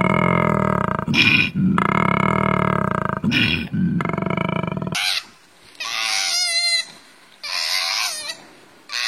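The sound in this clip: Koala screams: loud, harsh, wavering cries, first deep and droning, then higher, shrill wailing bursts with gaps between them.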